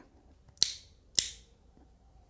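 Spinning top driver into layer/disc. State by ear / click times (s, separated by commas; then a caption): seated / 0.6 s, 1.2 s. A spinning top's driver is twisted into its layer and disc on an Ultimate Valkyrie Beyblade, repeating the twist-lock to show how tight the fit is. Two sharp, bright clicks ring out at 0.6 s and 1.2 s, each with a short fading tail, with a faint tick just before the first and another starting at the very end. The parts click-lock tightly and are seated.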